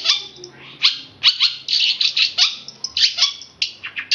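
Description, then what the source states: Oriental magpie-robin song: quick varied phrases of sharp whistled and buzzy notes high in pitch, delivered in bursts with short pauses, and a faint low hum behind. Chirping.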